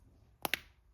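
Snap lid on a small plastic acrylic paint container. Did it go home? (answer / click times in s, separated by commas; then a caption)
yes / 0.5 s. The snap lid of a small plastic acrylic paint container is pressed tightly closed by hand. Two sharp clicks come in quick succession at about 0.5 s over a quiet background. The lid snaps shut and is seated.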